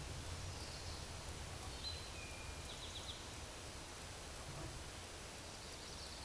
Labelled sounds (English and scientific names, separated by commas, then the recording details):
Eastern Towhee (Pipilo erythrophthalmus) song
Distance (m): 95 m
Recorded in a Pennsylvania forest on 17 May 2023 at 13:13
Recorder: AudioMoth, point grid1_18_low
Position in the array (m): 117 m, 85 m